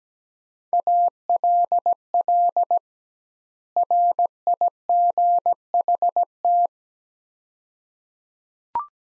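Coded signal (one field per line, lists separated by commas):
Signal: Morse code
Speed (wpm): 17 wpm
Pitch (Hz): 700 Hz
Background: none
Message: ALL RIGHT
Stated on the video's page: Morse practice drill of two-word sets at 17 wpm with double word spacing, a word-based approach analogous to Farnsworth.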